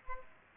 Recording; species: mosquito wingbeat signal from an infrared sensor; Culex pipiens